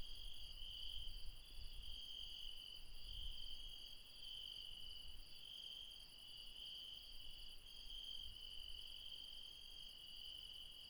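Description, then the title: Insect chorus of constant high trills with a gently pulsing top layer, low uneven rumbling during the first few seconds. Late night insects in the mountains at Refuge Krevatia, Barbala, Dion, Greece. "Refuge Krevatia, Μπαρμπαλά, Dion 601 00, Greece - Late night mountain insects"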